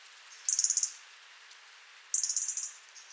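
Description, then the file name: European robin call: two quick series of high, sharp ticks, roughly a second and a half apart. "Erithacus rubecula"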